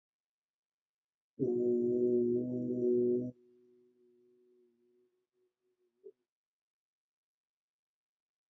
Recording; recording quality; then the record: sustained vowel as in boot; excellent, no background noise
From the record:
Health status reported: respiratory illness, not identified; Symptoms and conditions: asthma, hypertension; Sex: male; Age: 50 years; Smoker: not ticked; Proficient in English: yes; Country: India